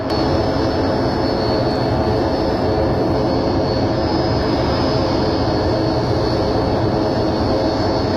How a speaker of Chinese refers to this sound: 10月20号8点45分，AG-600 飞机在荆门漳河机场滑行入水，随即从水面腾空而起。